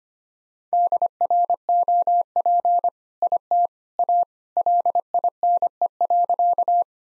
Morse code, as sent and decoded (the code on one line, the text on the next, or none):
-.. .-. --- .--. / .. - / .- / .-.. .. -. . .-.-.-
DROP IT A LINE.